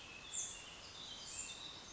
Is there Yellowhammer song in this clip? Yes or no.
no